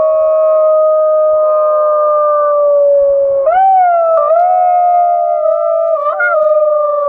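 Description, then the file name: Golden jackal howling, one long steady wail held near one pitch, with brief wavering rises and dips partway through. "Sciacallo dorato"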